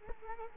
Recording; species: mosquito wingbeat signal from an infrared sensor; Culex quinquefasciatus